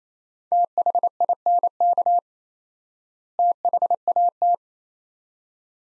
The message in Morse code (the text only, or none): THINK THAT